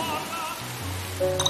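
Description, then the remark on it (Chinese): Water drips from a tap in a short run of soft, ringing plinks, with a brighter drop near the end over a low steady hum. No one speaks. “听，这是轻声哭诉。 随手关上水龙头，节约从身边小事做起。”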